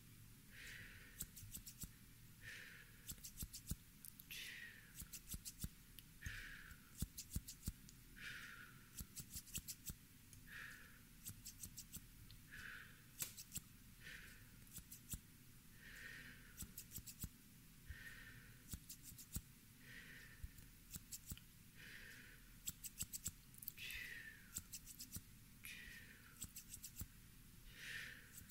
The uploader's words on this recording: CUTTING HAIR ASMR NO TALKING, ASMR HAIRCUT, ASMR CUTTING YOUR BANGS, ASMR SCISSORS SOUNDS.